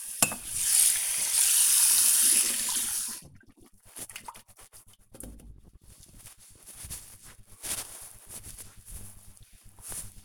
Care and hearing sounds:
household activities, microphone on the right wrist
0.00-5.89 s: brushing teeth

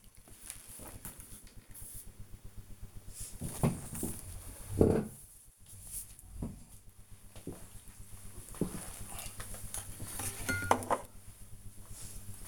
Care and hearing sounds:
household activities, microphone on the right wrist
none

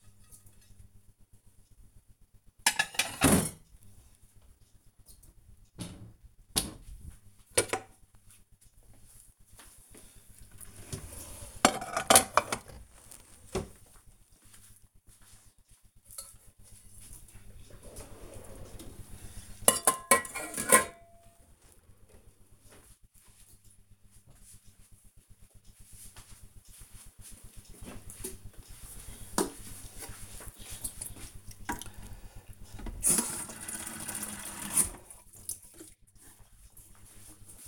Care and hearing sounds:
household activities, microphone on the right wrist
0.00-22.89 s: putting away the dishes
32.94-37.68 s: watering plant

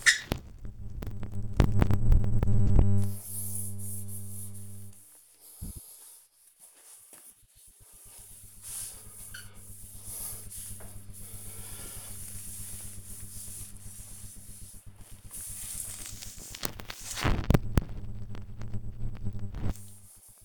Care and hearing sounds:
household activities, microphone on the right wrist
0.00-20.45 s: cleaning door

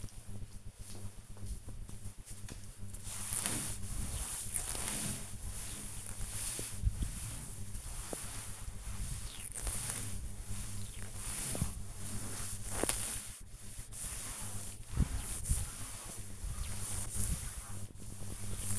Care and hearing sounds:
household activities, microphone on the right wrist
0.00-18.79 s: cleaning table

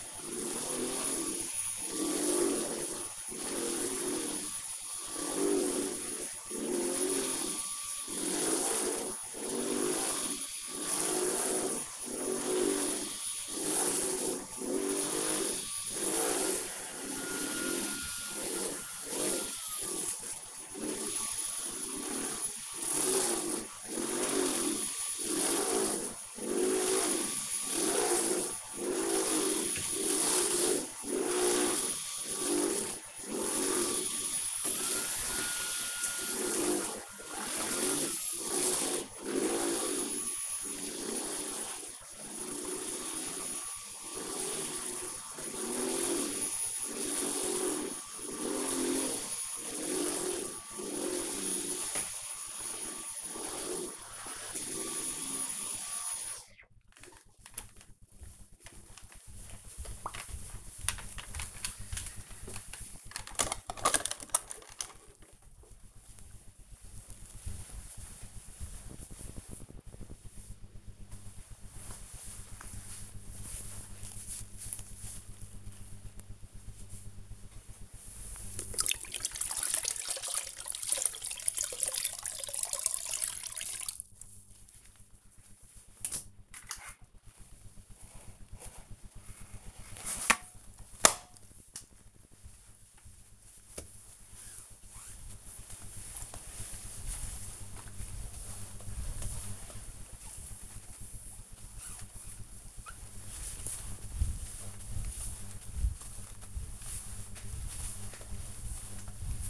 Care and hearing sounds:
household activities, microphone on the right wrist
0.00-56.08 s: vacuum cleaning
77.17-109.50 s: floor cleaning

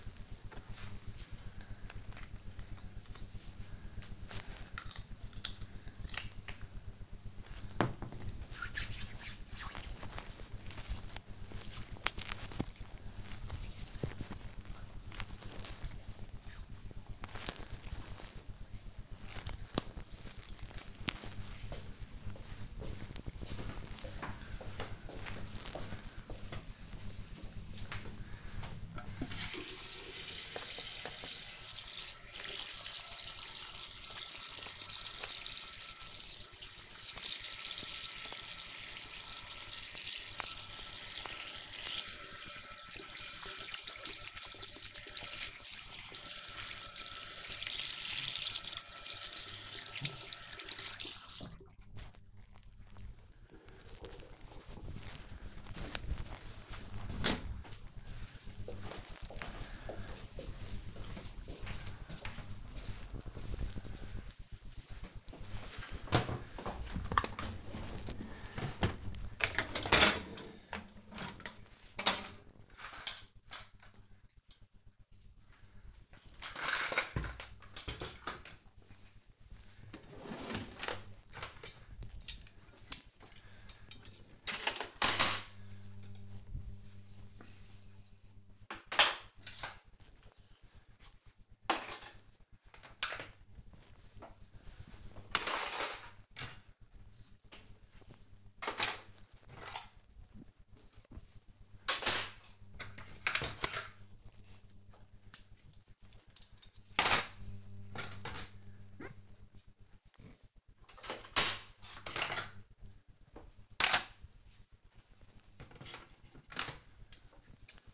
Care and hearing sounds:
household activities, microphone on the right wrist
1.66-16.75 s: cream hands
28.82-51.99 s: washing hands
68.09-117.94 s: cleaning out the dishwasher

